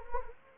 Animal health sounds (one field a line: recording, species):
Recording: mosquito wingbeat signal from an infrared sensor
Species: Anopheles gambiae